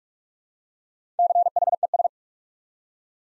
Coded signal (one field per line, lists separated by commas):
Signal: Morse code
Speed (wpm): 44 wpm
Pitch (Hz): 700 Hz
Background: none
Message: CHES